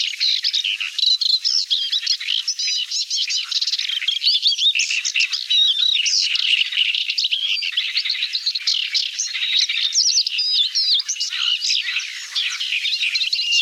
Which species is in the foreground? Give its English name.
Paddyfield Warbler